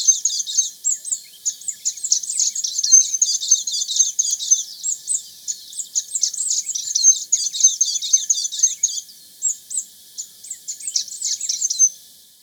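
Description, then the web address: Scrub tanager uttering long runs of rapid, very high chattering notes, nearly continuous, broken by short pauses and a few spaced chips near the end. Ecuador. "Birds of Ecuador. Scrub Tanager"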